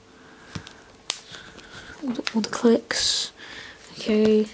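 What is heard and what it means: A plastic housing is pressed down onto a BlackBerry phone body during a keyboard backlight replacement. After a couple of faint ticks, a sharp, loud snap at 1.1 s marks the housing clip clicking into place, and it is seated. Someone talks afterward.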